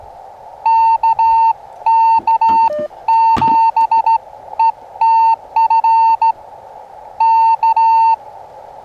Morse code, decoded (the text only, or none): KK7ETF K